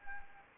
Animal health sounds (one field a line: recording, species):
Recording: mosquito wingbeat signal from an infrared sensor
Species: Anopheles gambiae